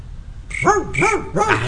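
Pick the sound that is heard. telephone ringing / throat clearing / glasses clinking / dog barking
dog barking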